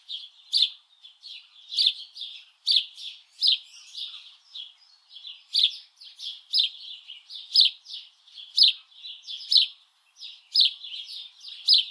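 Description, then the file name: House sparrow chirping, insistent bright chirps roughly once a second interleaved with quieter twitters. "Passer domesticus"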